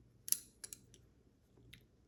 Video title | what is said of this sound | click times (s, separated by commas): 2015 Tahoe Fuel Rail assembly | So basically now it's locked into place. | 0.3 s